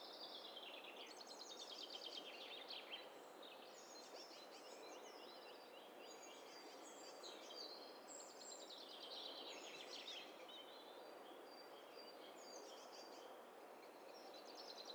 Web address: Hi Fi STEREO BIRD COCKTAIL PARTY Challenge SBCP TESTSET HDBird Cocktail Party-029